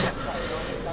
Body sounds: coughing mixed with background sound

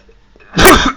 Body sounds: coughing

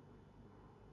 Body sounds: background sound without coughing

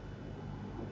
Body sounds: background sound without coughing

